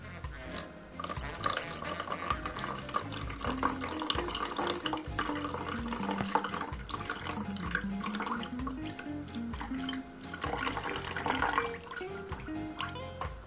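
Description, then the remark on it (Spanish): Water pours steadily into a container holding yerba mate, a continuous splashing gurgle whose pitch shifts slightly as it fills, with no voices over it. “Y después vamos a echar el agua.”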